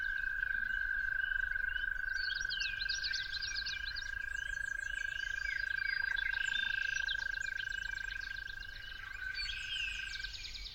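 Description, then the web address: Toad giving a long, steady trill at one even pitch, under a busy chorus of many songbirds whistling and chattering higher up. Toads calling at dawn. "musicofnature Toads at Dawn"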